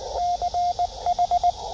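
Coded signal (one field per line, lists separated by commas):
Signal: Morse code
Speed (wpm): 20 wpm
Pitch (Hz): 710 Hz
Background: radio noise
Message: CH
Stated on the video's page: HF operation from a bicycle-mounted antenna with a tuner.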